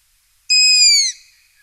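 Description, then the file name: Striped owl giving a single high, clear whistle, held steady for over half a second and then dropping away at the end, in otherwise quiet surroundings. "Striped Owl Asio clamator"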